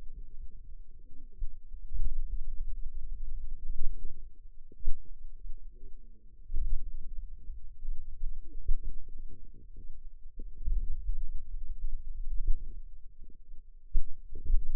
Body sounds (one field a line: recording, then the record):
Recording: forearm muscle sounds (acoustic myography)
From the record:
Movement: pen grasping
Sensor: system 2, bracelet of six BSWA MPA416 microphones around the upper forearm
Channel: 1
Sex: female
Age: 21 years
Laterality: right